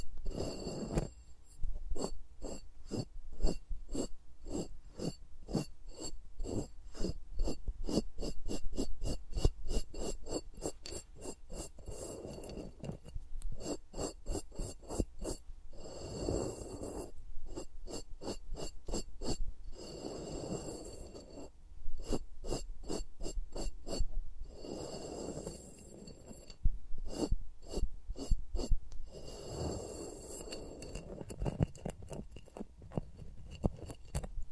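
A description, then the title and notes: Fingers move around microphones with no talking, making a dense run of quick, crisp taps and clicks that continues almost without pause. Every few seconds, near 16, 20, 25 and 30 seconds, a louder breathy rubbing swell rises over the tapping and then fades. ASMR with Mics Around My Fingers (No Talking).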